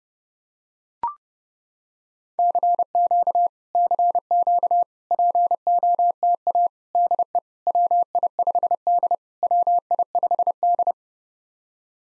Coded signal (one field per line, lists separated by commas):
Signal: Morse code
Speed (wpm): 30 wpm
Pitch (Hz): 700 Hz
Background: none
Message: CQ CQ POTA DE WI5D WI5D